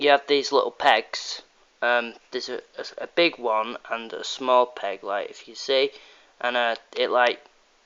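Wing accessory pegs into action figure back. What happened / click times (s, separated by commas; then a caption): Plastic pegs handled, not yet seated / none. Someone talks while handling a plastic wing piece with a big and a small peg, about to press it into the plastic back of a Marvel Legends Falcon action figure. Nothing has seated or clicked yet when the clip ends.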